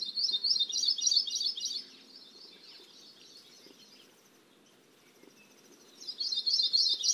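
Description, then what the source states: Anianiau song: a rapid trill of soft, high, musical notes, then a quiet gap before another trill begins. Song, a more complex trill than its relatives', somewhat lilting, sweet, soft and musical; seldom sings outside breeding season.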